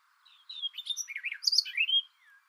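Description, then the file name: Barred warbler song: a fast, scratchy, chattering warble of mixed harsh and whistled notes lasting about one and a half seconds. "karvalyposzata hangja"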